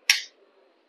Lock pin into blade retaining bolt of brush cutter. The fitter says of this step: அதில் இந்த லாக்கை ப்ரெஸ் பண்ணிங்கன்னா லாக் ஆகிடும்.